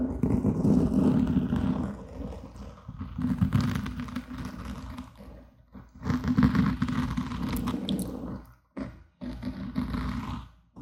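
Mouth sounds and mic scratching run almost without a break, a dense rustling, wet texture weighted low with crackly bright flecks. It swells and eases in waves, thinning around three and six seconds, then cuts to near silence twice shortly before nine seconds.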